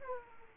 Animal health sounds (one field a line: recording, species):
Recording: mosquito wingbeat signal from an infrared sensor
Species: Aedes aegypti